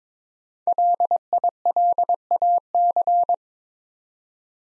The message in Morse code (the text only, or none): LILAC